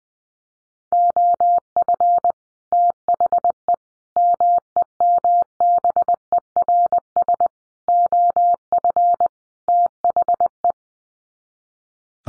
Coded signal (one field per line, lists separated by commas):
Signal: Morse code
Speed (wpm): 20 wpm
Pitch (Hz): 700 Hz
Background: none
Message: OF THE MEMBERS OF THE